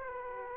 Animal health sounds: mosquito wingbeat signal from an infrared sensor; Aedes aegypti

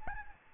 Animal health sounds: mosquito wingbeat signal from an infrared sensor; Aedes albopictus

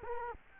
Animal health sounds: mosquito wingbeat signal from an infrared sensor; Culex quinquefasciatus

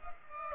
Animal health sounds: mosquito wingbeat signal from an infrared sensor; Culex pipiens

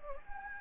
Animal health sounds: mosquito wingbeat signal from an infrared sensor; Anopheles gambiae

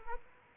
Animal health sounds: mosquito wingbeat signal from an infrared sensor; Aedes aegypti

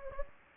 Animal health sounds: mosquito wingbeat signal from an infrared sensor; Anopheles gambiae

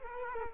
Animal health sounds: mosquito wingbeat signal from an infrared sensor; Culex quinquefasciatus

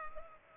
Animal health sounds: mosquito wingbeat signal from an infrared sensor; Culex pipiens

